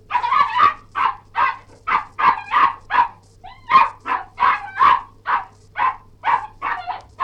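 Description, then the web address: Cairn terrier in rapid, excited barking, about two and a half barks a second, each bark rough and ringing, a brief squeaky yelp near the middle; faint steady hum. "Cairn Terrier barking& yelping"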